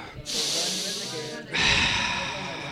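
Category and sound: human body sound, deep breathing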